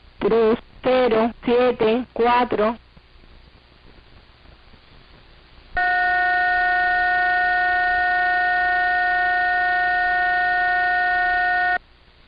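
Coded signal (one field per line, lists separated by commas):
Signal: numbers station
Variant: HM01, Spanish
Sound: four short evenly spaced spoken words, a pause, then a steady buzzing tone for six seconds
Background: radio static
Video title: 17 01 2023 Numbers HM01 Cuban Spy in Spanish 1815 on 11635 Bejuca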